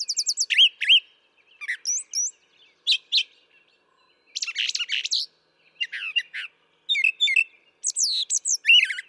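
Brown thrasher delivering a lively series of paired phrases: clear whistles, rapid trills and a scratchy, buzzy section in the middle.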